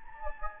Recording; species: mosquito wingbeat signal from an infrared sensor; Anopheles gambiae